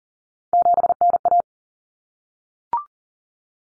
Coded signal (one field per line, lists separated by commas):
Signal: Morse code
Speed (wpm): 40 wpm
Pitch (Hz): 700 Hz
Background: none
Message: 7NA